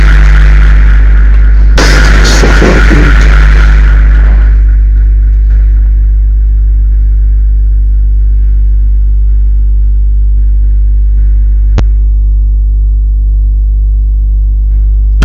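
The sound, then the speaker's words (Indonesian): Loud car noise disturbing a lecture: a harsh, roaring burst for a couple of seconds, then a steady low engine-like hum that drones on without any voices. “Itu yang punya mobil coba lihat dong. Itu ganggu itu.”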